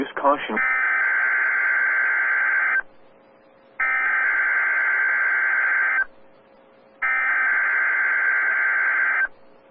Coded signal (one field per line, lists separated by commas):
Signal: Emergency Alert System (SAME) tones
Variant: header bursts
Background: speech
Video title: EAS 3x Iowa Required Monthly Test NWS Sioux Falls/Des Moines Required Weekly Test NOAA Weather Radio